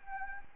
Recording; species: mosquito wingbeat signal from an infrared sensor; Anopheles arabiensis